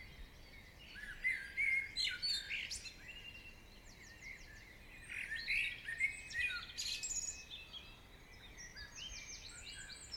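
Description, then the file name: Birds singing in a dense chorus, several overlapping high chirps, whistles and trills, with louder bursts around two, six and seven seconds over a soft background hiss. Morning birdsong. "Chants Oiseaux du Matin"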